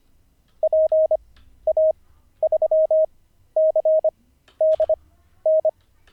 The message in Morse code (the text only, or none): PA3CDN